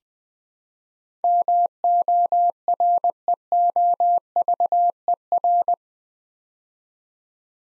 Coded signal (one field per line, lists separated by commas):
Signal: Morse code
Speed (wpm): 20 wpm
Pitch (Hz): 700 Hz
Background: none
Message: MOREOVER